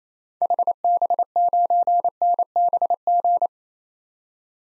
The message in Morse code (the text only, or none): HB9NBG